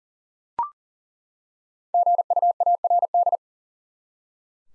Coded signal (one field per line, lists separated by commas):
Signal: Morse code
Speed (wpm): 40 wpm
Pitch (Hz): 700 Hz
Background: none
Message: GUARD